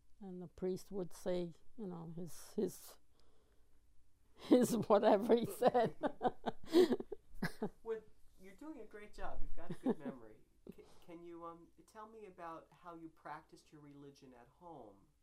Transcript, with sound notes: and the priest would say, you know, his, his whatever he said. ( she laughs )
You're doing a great job. You've got a good memory. Can you tell me about how you practiced your religion at home?